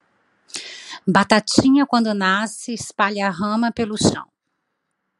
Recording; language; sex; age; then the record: short text; Brazilian Portuguese; female; 50 to 59 years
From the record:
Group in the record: control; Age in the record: 54 years